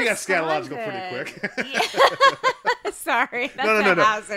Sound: laughs